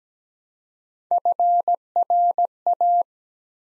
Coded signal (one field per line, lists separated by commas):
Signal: Morse code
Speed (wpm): 17 wpm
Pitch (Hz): 700 Hz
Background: none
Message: FRA